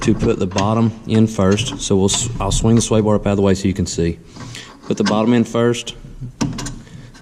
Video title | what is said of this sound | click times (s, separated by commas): Can Am X3 72 Inch Quick Detach Installation | start it okay and you see it you heard it snap just in so it's really easy snaps right in no problem | 6.4 s